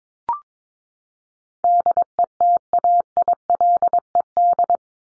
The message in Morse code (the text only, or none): DETAILED